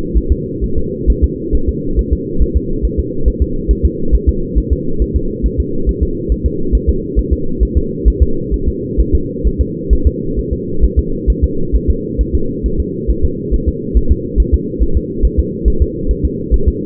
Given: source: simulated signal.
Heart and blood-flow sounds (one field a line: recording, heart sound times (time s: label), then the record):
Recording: fetal heart sounds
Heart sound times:
0.18 s: S1
0.32 s: S2
0.64 s: S1
0.78 s: S2
1.10 s: S1
1.24 s: S2
1.55 s: S1
1.69 s: S2
1.99 s: S1
2.13 s: S2
2.42 s: S1
2.57 s: S2
2.85 s: S1
2.99 s: S2
3.28 s: S1
3.42 s: S2
3.71 s: S1
3.85 s: S2
4.15 s: S1
4.29 s: S2
4.58 s: S1
4.73 s: S2
5.02 s: S1
5.16 s: S2
5.46 s: S1
5.60 s: S2
5.89 s: S1
6.03 s: S2
6.32 s: S1
6.46 s: S2
6.75 s: S1
6.89 s: S2
7.19 s: S1
7.33 s: S2
7.63 s: S1
7.77 s: S2
8.08 s: S1
8.23 s: S2
8.54 s: S1
8.68 s: S2
9.00 s: S1
9.15 s: S2
9.47 s: S1
9.61 s: S2
9.93 s: S1
10.07 s: S2
10.39 s: S1
10.53 s: S2
10.84 s: S1
10.99 s: S2
11.30 s: S1
11.44 s: S2
11.75 s: S1
11.90 s: S2
12.21 s: S1
12.35 s: S2
12.66 s: S1
12.80 s: S2
13.11 s: S1
13.25 s: S2
13.54 s: S1
13.68 s: S2
13.97 s: S1
14.12 s: S2
14.40 s: S1
14.54 s: S2
14.83 s: S1
14.97 s: S2
15.25 s: S1
15.39 s: S2
15.68 s: S1
15.82 s: S2
16.11 s: S1
16.25 s: S2
16.54 s: S1
16.68 s: S2
From the record:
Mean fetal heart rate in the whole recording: 135 bpm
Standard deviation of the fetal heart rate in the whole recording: 3 bpm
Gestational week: 34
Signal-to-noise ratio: -8.1 dB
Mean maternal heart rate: 72 bpm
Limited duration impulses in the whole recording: absent